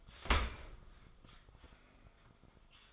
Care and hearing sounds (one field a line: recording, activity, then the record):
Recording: daily activity, microphone in the room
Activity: open dishwasher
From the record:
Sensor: 5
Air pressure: 1004.8 hPa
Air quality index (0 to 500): 93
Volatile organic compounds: 2 ppm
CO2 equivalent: 1126 ppm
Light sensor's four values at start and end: 33/75/30/30 and 33/75/31/30